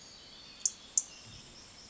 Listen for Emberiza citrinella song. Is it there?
no